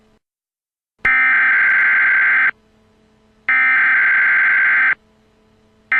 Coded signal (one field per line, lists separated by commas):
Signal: Emergency Alert System (SAME) tones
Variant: header bursts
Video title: Montréal Emergency Alert System (English)